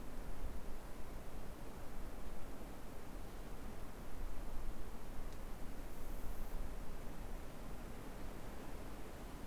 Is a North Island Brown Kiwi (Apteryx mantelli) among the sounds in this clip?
no